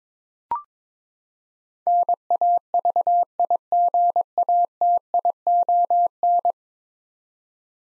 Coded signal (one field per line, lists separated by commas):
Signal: Morse code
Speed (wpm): 22 wpm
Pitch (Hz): 700 Hz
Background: none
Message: NAVIGATION